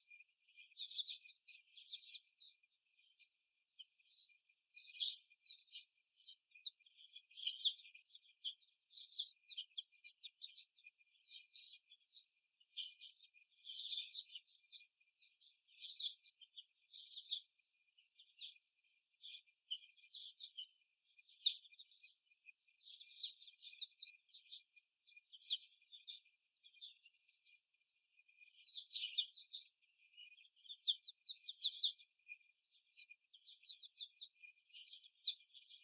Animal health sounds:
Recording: young laying hens in a cage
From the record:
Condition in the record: after the stressor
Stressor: simulated dog barking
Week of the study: 1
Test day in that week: 1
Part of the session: 1

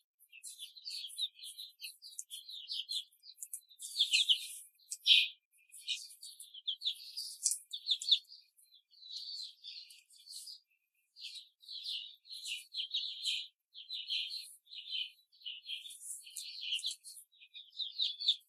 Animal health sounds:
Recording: young laying hens in a cage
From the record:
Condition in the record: control cage, before the stress test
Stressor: none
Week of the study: 4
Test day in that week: 3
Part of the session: 1

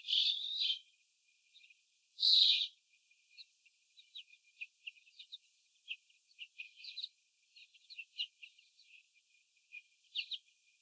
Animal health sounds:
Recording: young laying hens in a cage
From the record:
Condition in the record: after the stressor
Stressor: sudden umbrella opening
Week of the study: 3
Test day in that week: 2

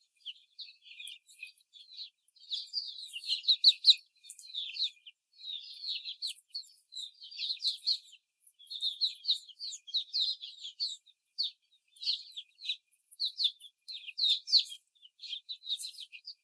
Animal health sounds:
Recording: young laying hens in a cage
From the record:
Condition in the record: before the stressor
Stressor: simulated dog barking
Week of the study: 4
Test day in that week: 3

